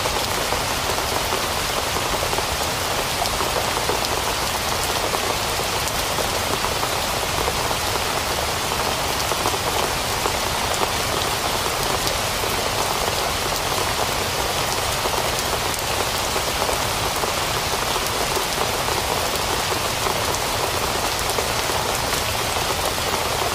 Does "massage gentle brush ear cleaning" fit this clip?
no